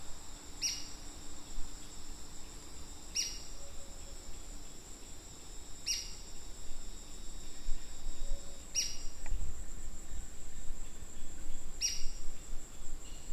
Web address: White crested spadebill. صدای-پرنده-بیلچه-نوک-کاکل-سفید